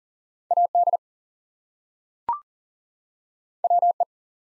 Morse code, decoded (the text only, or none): AD WE